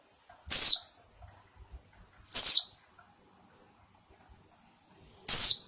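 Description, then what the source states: White-eye calls: three short, high, descending chirps spaced a few seconds apart, otherwise quiet. Pleci in ngalas ngeroll singing style.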